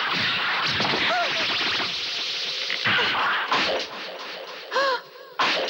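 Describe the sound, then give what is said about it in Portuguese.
A few sharp whooshing rushes of arrows end in hard thwacks as an arrow strikes a woman, set against a steady hiss of noisy background with brief tonal cries breaking through now and then. “A flecha acertou nela”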